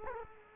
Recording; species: mosquito wingbeat signal from an infrared sensor; Culex quinquefasciatus